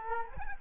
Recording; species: mosquito wingbeat signal from an infrared sensor; Culex quinquefasciatus